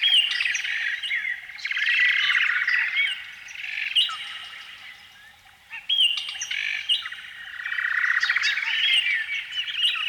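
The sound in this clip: Canary song in two long, loud bursts of dense rolling trills and warbled chirps, separated by a brief quieter dip.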